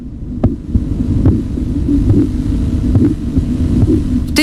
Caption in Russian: При сдавливании руки с помощью манжеты Риварочи возникают характерные чередующиеся звуки. На артерию ниже манжеты нужно поместить стетоскоп. Когда артерия пережата, ничего не слышно, но по мере падения давления в манжете появляется похлопывающий звук.